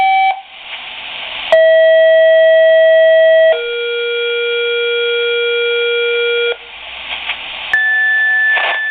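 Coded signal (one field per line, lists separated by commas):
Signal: two-tone page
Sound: a short beep, then a steady mid tone for 2 seconds, then a lower tone for 3 seconds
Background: radio static, room noise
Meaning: Sequential tones that set off fire department pagers for a dispatch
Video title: pager going off for house fire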